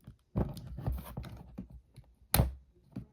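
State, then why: Seated. A stubborn plastic clip on an RC car part is pressed with several soft thuds and rubbing sounds until it snaps in with a sharp, loud click at 2.4 seconds, and it is seated. Someone talks briefly after.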